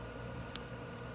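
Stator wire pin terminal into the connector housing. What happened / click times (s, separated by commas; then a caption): The wire terminal clicked into the connector housing / 0.6 s. A stator wire pin terminal from a 250cc Venom x22R is slipped into a plastic connector housing, with its tab facing the right way in front. A single sharp click sounds at 0.6 s over low background noise. The terminal seats in the connector, and the stator wiring is installed correctly.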